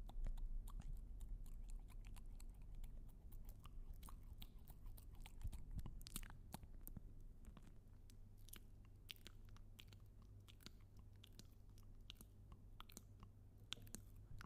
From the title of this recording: MOUTH SOUNDS EXTREME